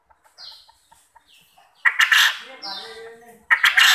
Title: Burung Puyuh Mana Yang Tidak Nyaut Dan Gacor Dengan Pancingan Ini